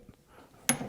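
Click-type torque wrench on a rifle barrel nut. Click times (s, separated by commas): 0.7 s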